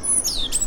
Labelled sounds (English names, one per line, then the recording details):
Stitchbird song
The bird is a male
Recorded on Tiritiri Matangi Island, New Zealand, in 2005
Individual 1, of nest box 1